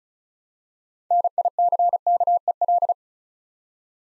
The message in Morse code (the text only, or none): NICKEL